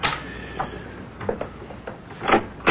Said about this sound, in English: Just a minute. Someone seems to be knocking on the door. I haven't the faintest notion who it might be, but I shall find out.